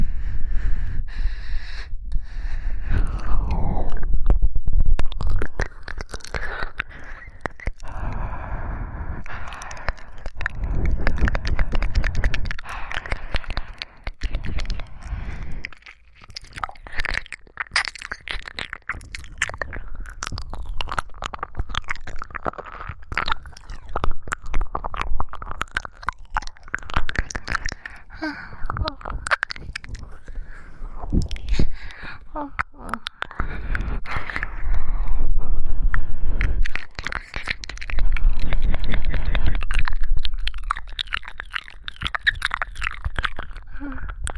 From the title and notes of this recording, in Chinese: 舌头在口腔里的翻口技max口腔音 弹舌等。